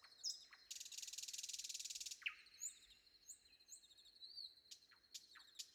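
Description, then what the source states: Nightingale song: a long grating buzzy trill, followed by scattered sharp notes and soft whistles, with a steady high tone continuing throughout. Recorded before dawn.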